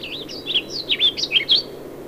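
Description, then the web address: Warbling Vireo singing a rapid, rambling warble of slurred high notes that rise and fall in quick succession. "Warbling Vireo Sounds --LNSCourse Cassette"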